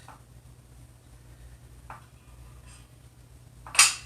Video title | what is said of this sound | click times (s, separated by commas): 1976 Yamaha XS 360;InspectingOilAndSparkPlugs | There we go. Hear the first click. | 3.8 s